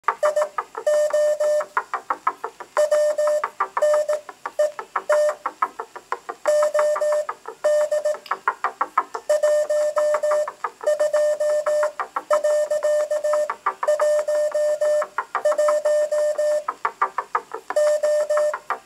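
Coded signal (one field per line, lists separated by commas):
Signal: Morse code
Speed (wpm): 18 wpm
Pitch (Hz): 600 Hz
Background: none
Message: IO WNET OD 12.11 O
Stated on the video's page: Morse announcement of a radio station launch on 87.8 FM, received on a 2×9-element Yagi antenna.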